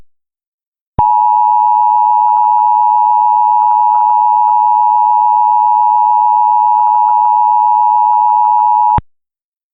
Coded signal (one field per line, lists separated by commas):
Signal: Emergency Alert System (SAME) tones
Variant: 853 and 960 Hz attention tone